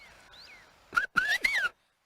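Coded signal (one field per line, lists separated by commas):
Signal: whistled language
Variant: Chinantec whistled speech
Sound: three short breathy whistled syllables gliding up and down in pitch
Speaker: Y si ya es una distancia un poco más larga que donde está Victoriano, oye hasta allá donde está el caballo.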